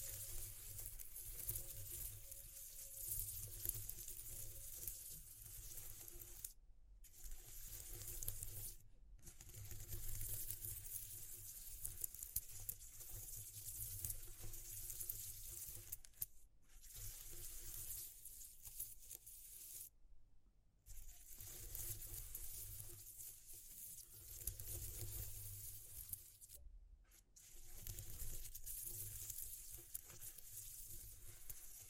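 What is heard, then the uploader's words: A sound texture of steady, dense rushing hiss, much like water running from a tap, with a low hum and a faint tone beneath it. The flow cuts to silence abruptly several times, near 7, 9, 16, 20 and 27 seconds. ASMR Exploring Textures (No Talking).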